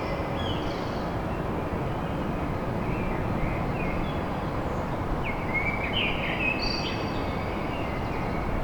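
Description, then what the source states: Common blackbird song: a few faint notes, then a short mellow phrase with a high twitter, nearly buried in heavy low traffic rumble. Song recorded at dawn in Paris.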